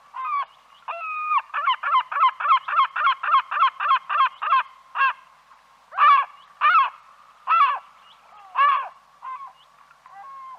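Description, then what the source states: Bird calls, a fast even series of harsh notes, then louder rasping calls spaced about a second apart with nasal notes between. Recorded in Arizona.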